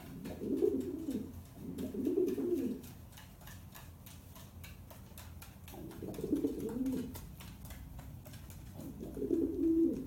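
Pigeon giving deep, burbling coo phrases, four bouts with pauses between them, over a steady ticking noise.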